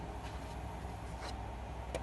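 A replacement plastic fuel filter element is handled and brought to the notch in its filter housing on a Mercedes light truck, with a low steady hum and faint handling noises throughout and a brief sharp tick near 1.9 seconds. Nothing has seated or clicked into place yet; the element is not home by the end.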